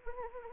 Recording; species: mosquito wingbeat signal from an infrared sensor; Anopheles arabiensis